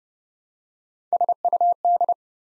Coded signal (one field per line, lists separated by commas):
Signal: Morse code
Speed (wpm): 29 wpm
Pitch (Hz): 700 Hz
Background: none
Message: SUD